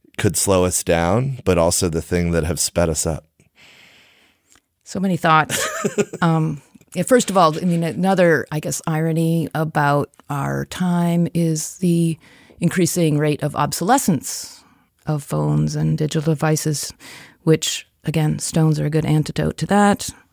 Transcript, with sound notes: could slow us down, but also the thing that have sped us up.
So many thoughts. [Laughs] First of all, another irony about our time is the increasing rate of obsolescence of phones and digital devices, which again, stones are a good antidote to that.